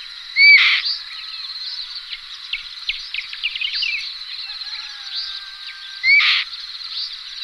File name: luňák-šedý